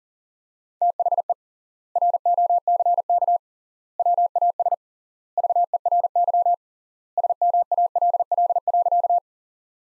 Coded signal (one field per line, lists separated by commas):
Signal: Morse code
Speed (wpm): 40 wpm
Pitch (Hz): 700 Hz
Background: none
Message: THE ROCK WAS VERY SMALL.